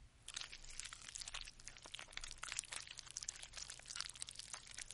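Continuous wet, crunchy chewing of a piece of rare, bloody beefsteak, with dense smacking and crackling bites, loud and steady for several seconds over a low hum, with no one talking.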